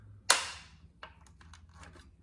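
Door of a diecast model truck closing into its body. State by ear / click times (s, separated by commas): seated / 0.3 s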